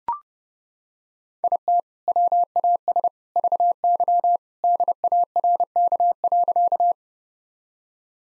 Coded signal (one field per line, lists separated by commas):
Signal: Morse code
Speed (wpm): 30 wpm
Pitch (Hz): 700 Hz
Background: none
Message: IT WAS VY DARK.